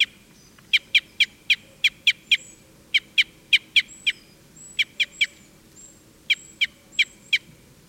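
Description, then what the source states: Red crossbill call notes, clipped sharp chips repeated in short series with brief gaps. Type N call type.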